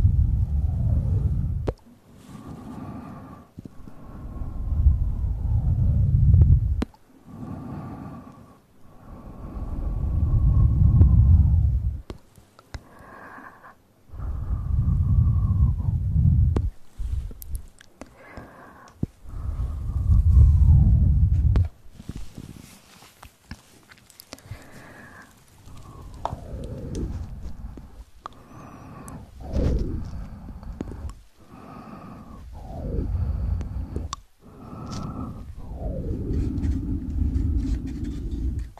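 Mouth sounds and breathy, inaudible whispering come in uneven bursts of low rumbling puffs, with sharp clicks and short falling squeaks throughout.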